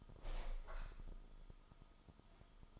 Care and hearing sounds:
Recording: daily activity, microphone in the room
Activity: open window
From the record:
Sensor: 5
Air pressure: 1004.7 hPa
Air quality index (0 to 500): 86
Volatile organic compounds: 2 ppm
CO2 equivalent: 1039 ppm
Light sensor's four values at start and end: 34/80/32/31 and 34/80/32/31

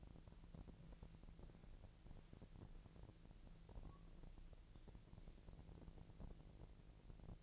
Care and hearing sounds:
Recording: daily activity, microphone in the room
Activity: walk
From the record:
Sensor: 5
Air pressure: 1002.1 hPa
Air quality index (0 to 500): 239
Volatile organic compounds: 26 ppm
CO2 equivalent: 2867 ppm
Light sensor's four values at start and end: 31/74/31/33 and 31/74/31/33

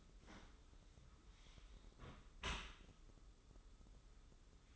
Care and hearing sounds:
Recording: daily activity, microphone in the room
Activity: close dishwasher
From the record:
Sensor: 3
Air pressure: 995.8 hPa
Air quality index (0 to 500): 97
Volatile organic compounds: 13 ppm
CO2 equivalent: 2428 ppm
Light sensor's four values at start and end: 29/87/37/32 and 29/87/37/32

